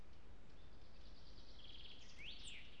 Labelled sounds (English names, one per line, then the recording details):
Common Chaffinch
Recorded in Germany
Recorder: ecoPi